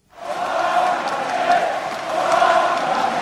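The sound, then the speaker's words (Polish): Supporters at a Marine Le Pen rally in Villepinte, France, before the second round of the 2017 presidential election, cheer and shout, interrupting her speech: a dense, sustained roar of many voices rising and swelling steadily, with brief louder bursts of yelling breaking through the din. “Przemówienie liderki skrajnej prawicy było wielokrotnie przerywane oklaskami i okrzykami.”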